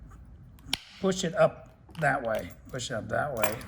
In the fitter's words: Okay, it's going to hear a snap. It's going to open that.